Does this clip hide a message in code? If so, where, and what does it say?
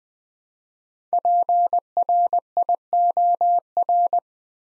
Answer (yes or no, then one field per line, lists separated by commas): yes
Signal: Morse code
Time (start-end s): 1.1-4.2 s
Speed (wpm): 20 wpm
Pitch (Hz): 700 Hz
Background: none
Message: PRIOR